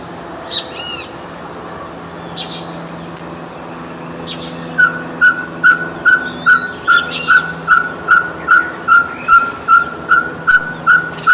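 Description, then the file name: Ferruginous pygmy owl begins a steady, rapid series of soft whistled toots midway through, about two and a half per second, after a few faint earlier sounds. "Glaucidium brasilianum"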